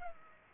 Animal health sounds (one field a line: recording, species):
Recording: mosquito wingbeat signal from an infrared sensor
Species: Culex pipiens